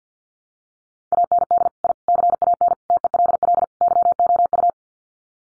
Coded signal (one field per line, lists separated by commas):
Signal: Morse code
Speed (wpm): 50 wpm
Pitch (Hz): 700 Hz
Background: none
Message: AND I CAN TELL YOU